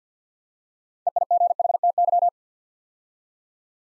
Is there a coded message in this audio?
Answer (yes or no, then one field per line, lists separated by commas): yes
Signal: Morse code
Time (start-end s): 1.1-2.3 s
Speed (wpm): 50 wpm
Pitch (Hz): 700 Hz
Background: none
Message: EIGHTY